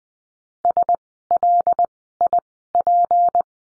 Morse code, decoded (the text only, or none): SLIP